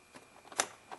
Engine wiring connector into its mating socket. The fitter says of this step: push it in and snaps you